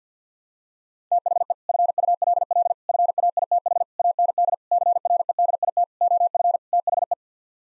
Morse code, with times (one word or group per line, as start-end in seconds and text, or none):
1.1-1.5 THE
1.7-2.7 FULL
2.9-3.8 FAITH
4.0-4.5 AND
4.7-5.8 CREDIT
6.0-6.6 OF
6.7-7.1 THE